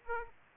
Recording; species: mosquito wingbeat signal from an infrared sensor; Aedes aegypti